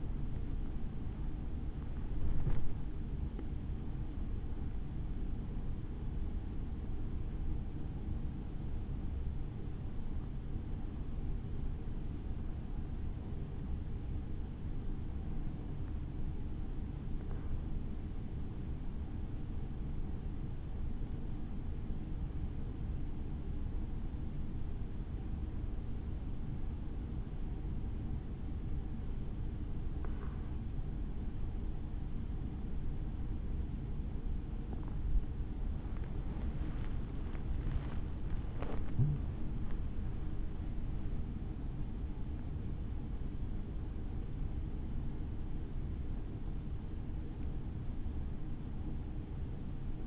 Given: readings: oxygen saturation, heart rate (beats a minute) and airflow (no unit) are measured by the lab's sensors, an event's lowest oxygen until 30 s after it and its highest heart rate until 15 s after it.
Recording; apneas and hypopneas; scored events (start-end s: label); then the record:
breathing in sleep by a smartphone at the bedside; 1
0.00-2.00 s: awake
7.00-33.70 s: hypopnea (N1, oxygen 97% highest, then 93% lowest, heart rate 67 at the start, 78 highest)
From the record:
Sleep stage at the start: N1 (lightest sleep); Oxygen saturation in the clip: 93 to 98%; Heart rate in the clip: 59 to 85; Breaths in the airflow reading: 19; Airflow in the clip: -7.9 to 8.3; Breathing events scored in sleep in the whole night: 216 in 7.0 hours asleep